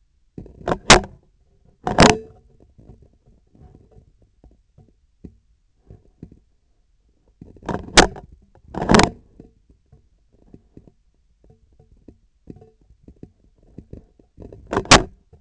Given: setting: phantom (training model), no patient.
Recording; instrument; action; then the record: laparoscopic instrument, vibration sensor on the handle end; scissors; opening and closing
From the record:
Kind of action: tool actuation without material contact